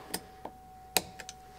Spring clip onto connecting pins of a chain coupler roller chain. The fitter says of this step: use needle not pliers again to make it snap into place